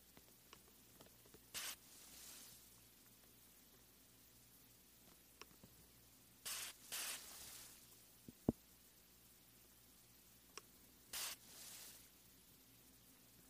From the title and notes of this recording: ASMR THE ULTIMATE MIC TRIGGER TEST on NEW Blue Yeti Pro (mic brushing, mic scratching, no talking). Mic Brushing on Raw Speaker Grill.